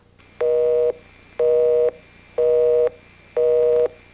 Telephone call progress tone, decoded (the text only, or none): busy tone